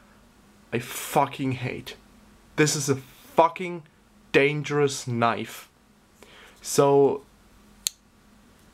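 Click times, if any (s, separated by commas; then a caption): 7.9 s. Someone talks as the blade of a budget Ganzo G711 folding pocket knife is flicked open and its axis lock bar engages the blade tang. The lock click comes at 7.9 s and is barely audible.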